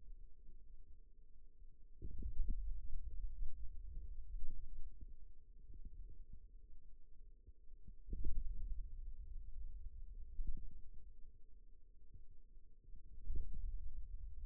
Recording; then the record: forearm muscle sounds (acoustic myography)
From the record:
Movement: ulnar deviation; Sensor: system 2, bracelet of six BSWA MPA416 microphones around the upper forearm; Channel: 3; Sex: male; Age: 22 years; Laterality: right